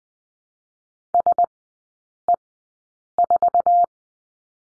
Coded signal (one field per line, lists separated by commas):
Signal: Morse code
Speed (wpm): 20 wpm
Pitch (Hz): 700 Hz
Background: none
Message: SE4